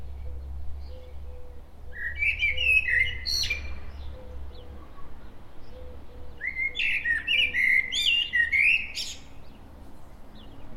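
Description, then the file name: Common blackbird song in two phrases, rich fluty warbling topped by high scratchy squeaks, over a soft steady series of low notes in the background. "Turdus merula"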